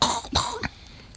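An adult man who is feeling ill gives a little cough.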